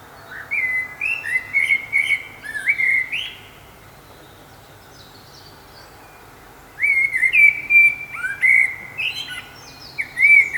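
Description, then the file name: Common blackbird pouring out two bouts of relaxed, flute-like warbling with scratchy high additions, parted by roughly three seconds of near silence. "Turdus merula"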